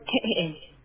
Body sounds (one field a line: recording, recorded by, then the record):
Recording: voluntary cough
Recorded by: telephone call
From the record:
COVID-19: negative